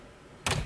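The last of the four clips holding the plastic screen trim panel in the dashboard of a 2019+ Toyota Corolla Hatchback/Sedan releases with a single sharp thunk at 0.5 s. A dull rustle follows as the panel comes free, and the trim is off.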